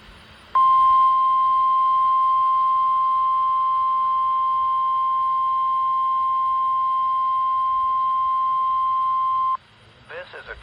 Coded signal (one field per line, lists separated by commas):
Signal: Emergency Alert System (SAME) tones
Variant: 1050 Hz attention tone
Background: speech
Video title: WWG49s first wireless Required Weekly Test. 10/08/25 EAS #503